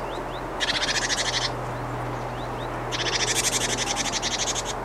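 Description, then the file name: Great tit churring calls: two loud, harsh rattling bursts of rapid buzzy pulses, the second longer, with a few thin high notes and a low steady hum. "Parus major"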